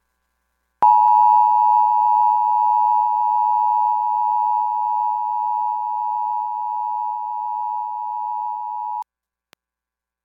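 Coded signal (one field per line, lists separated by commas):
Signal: Emergency Alert System (SAME) tones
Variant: 853 and 960 Hz attention tone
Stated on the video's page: National EAS test aired on KAKE.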